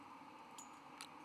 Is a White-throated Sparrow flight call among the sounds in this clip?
no